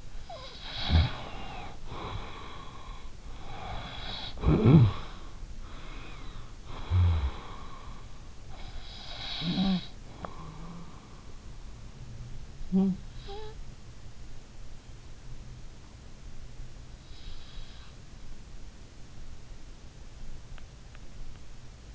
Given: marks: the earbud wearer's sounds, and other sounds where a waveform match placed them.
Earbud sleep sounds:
sounds in sleep by an in-ear microphone; snoring breath
0.00-13.61 s: snoring breath

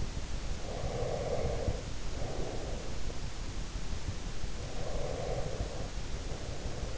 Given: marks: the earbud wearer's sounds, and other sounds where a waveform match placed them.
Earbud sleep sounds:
sounds in sleep by an in-ear microphone; breath
0.43-3.20 s: breath
4.58-6.98 s: breath

